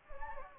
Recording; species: mosquito wingbeat signal from an infrared sensor; Anopheles gambiae